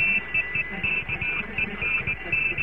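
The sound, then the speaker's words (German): A high, steady radio tone keyed on and off in short and long beeps, Morse-code style, over a constant bed of hiss and crackling static with a low pulsing rumble. “Morsezeichen waren die ersten Radiosignale, die schon vor rund 100 Jahren ausgesendet wurden und nun als”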